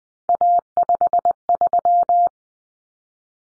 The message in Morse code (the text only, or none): A53